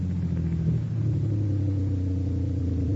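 A car engine rumbles low and steady, its pitch easing down slightly as the car slows to stop at an attended entrance gate, then settling into an even hum with no voices.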